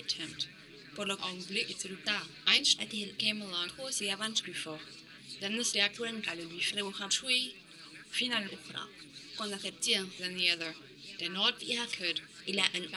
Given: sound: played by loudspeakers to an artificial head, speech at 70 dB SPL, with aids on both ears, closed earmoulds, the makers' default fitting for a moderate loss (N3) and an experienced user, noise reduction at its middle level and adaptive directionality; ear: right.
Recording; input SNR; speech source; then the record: speech test signal (ISTS) in cocktail-party noise; +9 dB; on the right (90 degrees)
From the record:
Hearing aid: class 2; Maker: J